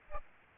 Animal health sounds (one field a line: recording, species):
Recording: mosquito wingbeat signal from an infrared sensor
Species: Aedes albopictus